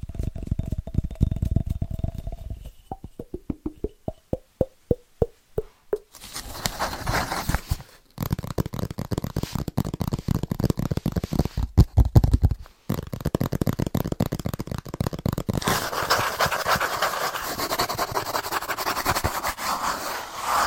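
Hand sounds: a run of quick taps opens, then slows into evenly spaced single knocks around three to six seconds. After that comes dense, bright scratching and rubbing with short pauses near eight and thirteen seconds, growing fuller and hissier toward the end.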